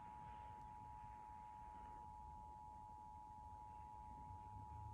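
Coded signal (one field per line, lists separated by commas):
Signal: Emergency Alert System (SAME) tones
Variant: 853 and 960 Hz attention tone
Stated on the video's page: Real Pennsylvania Required Monthly Test aired on TV stations and a cable provider.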